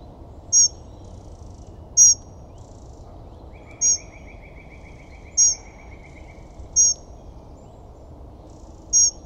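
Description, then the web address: Bird producing short high chirps every one to two seconds; a softer buzzy trill runs underneath for a few seconds midway. "WILDLIFEXSOUNDSXXXBIRDSXXC"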